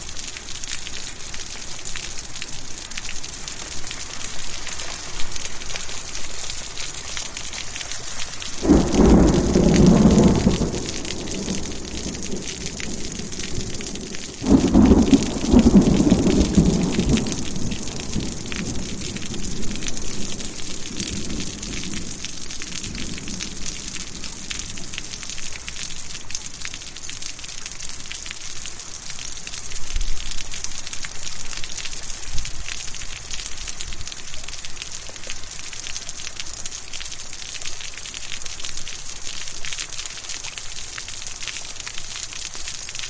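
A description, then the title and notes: Steady rain hisses throughout while thunder rumbles low near 9 and 15 seconds, the second roll fading gradually toward 25 seconds. Thunderstorm from the Porch. Immerse yourself in the soothing symphony of raindrops falling and thunder rumbling. Rainfall and distant thunder. The rhythmic patter of rain on your porch.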